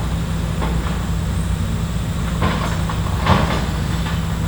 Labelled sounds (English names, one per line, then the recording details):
none
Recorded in pastures near Puerto Asís, Putumayo, Colombia, on 20 December 2024 at 10:00
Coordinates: 0.466, -76.322
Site G040